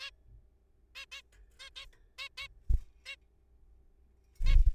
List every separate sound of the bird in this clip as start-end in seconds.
0.01-0.10, 0.95-1.05, 1.12-1.22, 1.60-1.70, 1.76-1.85, 2.19-2.29, 2.38-2.48, 3.06-3.16, 4.46-4.56